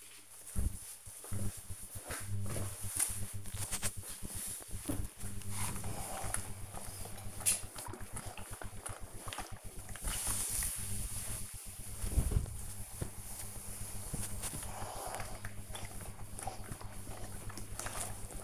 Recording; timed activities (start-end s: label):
household activities, microphone on the right wrist
0.00-18.44 s: ironing laundry